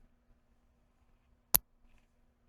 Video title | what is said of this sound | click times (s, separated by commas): Anderson Powerpole & Wago Field Repair | a nice click. Now we have that installed. | 1.5 s